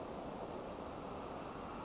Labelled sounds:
Western Flycatcher (Empidonax difficilis)
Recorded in Sonoma County, California

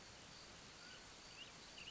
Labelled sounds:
Mountain Quail (Oreortyx pictus)
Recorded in Sonoma County, California

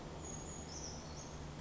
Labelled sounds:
Brown Creeper (Certhia americana)
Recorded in Sonoma County, California

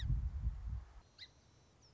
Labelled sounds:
Song Sparrow (Melospiza melodia)
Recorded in Sonoma County, California

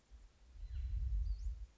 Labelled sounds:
Western Flycatcher (Empidonax difficilis)
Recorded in Sonoma County, California

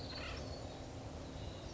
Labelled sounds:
Acorn Woodpecker (Melanerpes formicivorus)
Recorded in Sonoma County, California

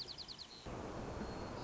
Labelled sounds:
White-crowned Sparrow (Zonotrichia leucophrys)
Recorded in Sonoma County, California

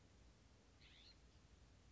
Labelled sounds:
California Scrub-Jay (Aphelocoma californica)
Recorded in Sonoma County, California

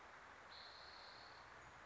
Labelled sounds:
Spotted Towhee (Pipilo maculatus)
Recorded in Sonoma County, California

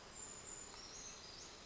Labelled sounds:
Brown Creeper (Certhia americana)
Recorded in Sonoma County, California

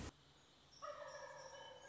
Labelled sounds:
Wild Turkey (Meleagris gallopavo)
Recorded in Sonoma County, California

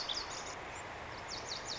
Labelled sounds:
Lazuli Bunting (Passerina amoena)
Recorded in Sonoma County, California

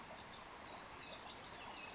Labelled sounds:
Pacific Wren (Troglodytes pacificus)
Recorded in Sonoma County, California

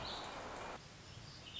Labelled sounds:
Warbling Vireo (Vireo gilvus)
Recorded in Sonoma County, California

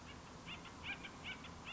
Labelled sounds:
Acorn Woodpecker (Melanerpes formicivorus)
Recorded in Sonoma County, California

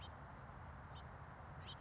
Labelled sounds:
House Finch (Haemorhous mexicanus)
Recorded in Sonoma County, California

